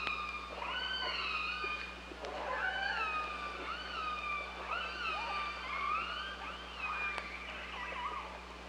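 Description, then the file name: Killer whales giving many harmonic calls, rising and falling tones, some sweeping down, over a steady low hum. Recorded 16 July 2015 at 14h, channel 5. "Orques Orcalab 2015 07 16 14 h voie 5"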